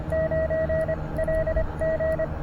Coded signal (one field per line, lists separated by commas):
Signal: Morse code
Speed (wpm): 25 wpm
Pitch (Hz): 620 Hz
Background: none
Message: 9 LG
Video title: QRP POTA Antenna Shootout! POTAPREformer vs. 29' EFRW - RBN Tested.